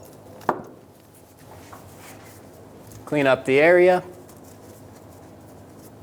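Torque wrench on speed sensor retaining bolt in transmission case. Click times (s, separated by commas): 0.5 s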